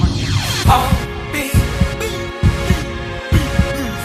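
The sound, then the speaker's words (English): Deep, double-thumping heartbeats pulse steadily about once per second, layered over a humming synth backdrop with bright, ringing tones. “Heartbeat.”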